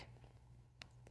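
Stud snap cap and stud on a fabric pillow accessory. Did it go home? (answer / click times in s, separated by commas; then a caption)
yes / 0.8 s. A metal snap cap pushed through the fabric of a pillow accessory has a stud snap pressed onto its back. A sharp click at 0.8 s marks the stud snap seating, followed by a fainter tick at 1.1 s over a low steady hum.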